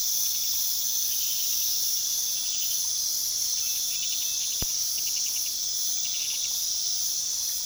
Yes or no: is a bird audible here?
no